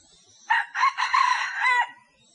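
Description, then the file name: Rooster calling in a broken series of rough, buzzy syllables lasting over a second. Rooster calling hens. "tieng ga trong goi ga mai"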